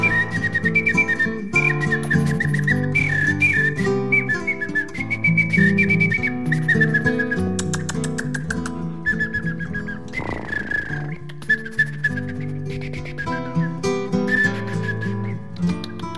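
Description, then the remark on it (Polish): Whistling imitates a sparrow's chirping: a high, wavering, tuneful line carried over steady instrumental music for the whole stretch, with no talking. “Chodź pan tutaj, panie wróbelek. Na masz trochę, ty kopany w pierzy. Ale latem to ćwiergasz, kuchnia felek.”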